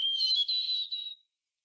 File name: Erithacus rubecula